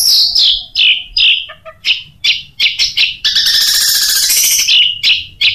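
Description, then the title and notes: Long-tailed shrike singing a scratchy medley: repeated harsh, chattering squawks in short bursts, broken by a longer grating, noisy phrase in the second half. Masteran recording of long-tailed shrike (cendet) song for training cage birds, tembakan song style, variation 1. "Suara Burung Cendet Tembakan Variasi 1. Masteran Burung Cendet"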